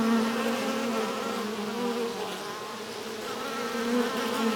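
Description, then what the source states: Bees buzzing in a dense, steady drone of many overlapping tones, with a soft rush of wind behind. Bees in a hive in a tree, recorded with wind.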